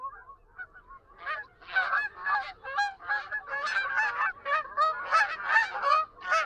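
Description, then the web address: Canada goose honking, starting with a few soft calls and building into a dense chorus of loud, nasal, overlapping honks from many birds. "Wildlife Identification By Sound, Eastern North America Pt 2. Canada Goose"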